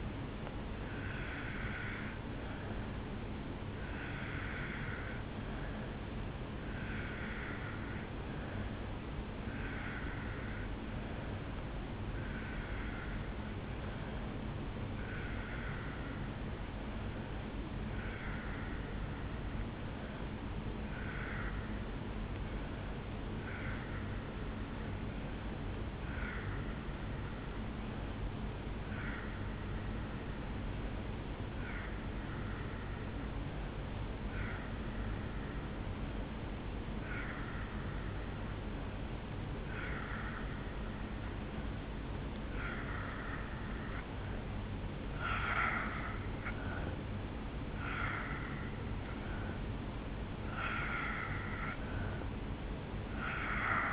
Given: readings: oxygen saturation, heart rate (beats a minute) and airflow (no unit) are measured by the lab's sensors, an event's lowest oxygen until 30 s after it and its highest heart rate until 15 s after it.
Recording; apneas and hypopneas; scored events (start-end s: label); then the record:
breathing in sleep by a voice recorder at the bedside; 1
7.00-48.20 s: hypopnea (N1, oxygen 89% highest, then 81% lowest, heart rate 61 at the start, 69 highest)
8.00-53.93 s: new sleep stage, N2 (light sleep)
From the record:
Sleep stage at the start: N1 (lightest sleep); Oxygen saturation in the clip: 83 to 90%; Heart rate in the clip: 60 to 69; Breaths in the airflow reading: 19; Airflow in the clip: -2.8 to 1.1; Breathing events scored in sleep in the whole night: 449 in 7.0 hours asleep